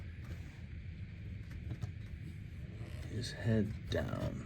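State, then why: Not seated. The plastic head of a Hasbro Transformers Age of the Primes Prima Prime action figure is folded down into the torso, with faint creaking from the mechanism under low steady background noise while someone talks. The head has not locked into place yet, and nothing clicks in this stretch.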